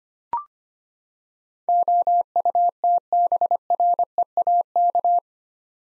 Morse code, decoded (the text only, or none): OUTBREAK